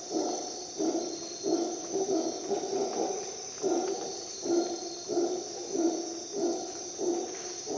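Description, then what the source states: Howler monkey calling in hoarse, repeated bursts, some paired, over a persistent high insect whine. At dawn in the jungle of Costa Rica, during an expedition.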